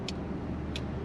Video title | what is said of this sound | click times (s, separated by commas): I Traded In My Crosstrek for a 2024 Subaru BRZ 6MT.. Bad Decision? | So that's pretty sweet. Snaps back in there. | 0.1 s, 0.8 s